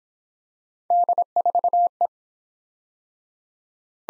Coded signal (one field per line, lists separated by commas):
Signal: Morse code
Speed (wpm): 24 wpm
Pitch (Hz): 700 Hz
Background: none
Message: D4E